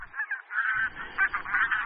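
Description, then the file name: Bean goose honks, harsh nasal calls given in quick succession with short gaps between them. "Husa-polní"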